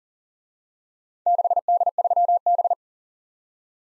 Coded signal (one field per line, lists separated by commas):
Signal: Morse code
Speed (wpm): 37 wpm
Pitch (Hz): 700 Hz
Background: none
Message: 6D3B